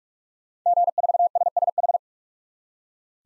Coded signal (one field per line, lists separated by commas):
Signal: Morse code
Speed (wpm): 44 wpm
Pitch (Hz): 700 Hz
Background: none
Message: G4SSH